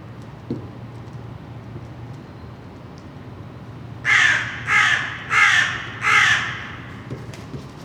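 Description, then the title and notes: Crow cawing, four harsh, rasping caws in quick succession about two-thirds of a second apart, over a steady low hum. Crows recorded in Saint-Gilles, Belgium, with a spaced AB pair of microphones feeding a portable field recorder. "Saint-Gilles, Belgique - Crows - corneilles. corbeaux corneilles"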